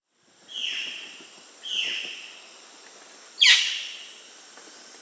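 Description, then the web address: Violaceous jay with three harsh, descending calls; the third is sharper and louder, and faint high tones run in the background. South America. "S America Violaceous Jay (Cyanocorax violaceus"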